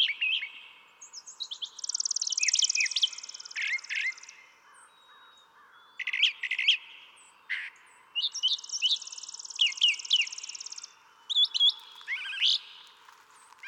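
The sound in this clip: Brown thrasher singing a long sequence of varied chirps, slurs and buzzy trills, with light background hiss.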